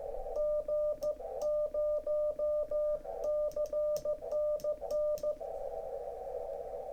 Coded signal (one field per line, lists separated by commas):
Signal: Morse code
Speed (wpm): 18 wpm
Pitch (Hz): 600 Hz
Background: radio noise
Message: G0CNN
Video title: Simple Morse Paddle Build Completion & Test